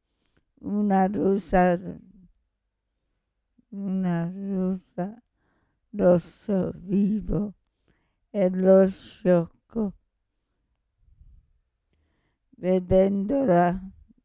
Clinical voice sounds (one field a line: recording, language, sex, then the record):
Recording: read passage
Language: Italian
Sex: female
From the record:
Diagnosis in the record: Parkinson's disease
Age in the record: 65 years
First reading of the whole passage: 242 s, 2.1 characters per second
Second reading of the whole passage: 180 s, 2.9 characters per second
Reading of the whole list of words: 168 s, 1.7 characters per second